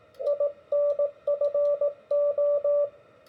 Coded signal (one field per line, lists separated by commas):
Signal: Morse code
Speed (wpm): 17 wpm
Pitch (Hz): 580 Hz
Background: radio noise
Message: INFO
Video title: What does a CW QSO look like?